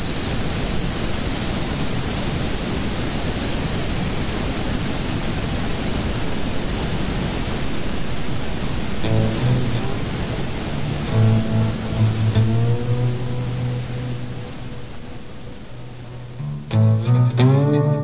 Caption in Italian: Uno dei metodi per avere sollievo dal tinnitus consista in delle fasce sonore di rumore bianco diffuse nell'ambiente. Questa fascia sonora prodotta da un software specifico. Questa tecnica, che potremmo definire del mascheramento.